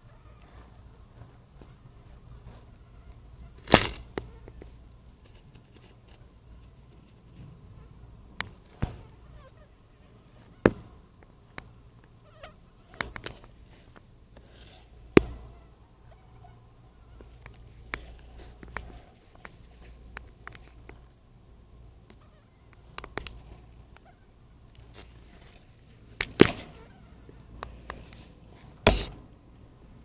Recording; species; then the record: mosquito flight sound by mobile phone; Anopheles freeborni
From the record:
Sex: male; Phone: Nokia 5235